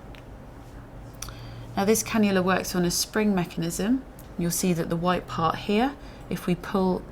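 Someone talks while handling the spring-loaded cannula inserter of an Animas insulin-pump infusion set, with brief faint ticks near 0.2 s and 1.2 s. The white plastic part is about to be pulled down with two fingers to cock the spring plunger, but nothing has clicked or latched yet.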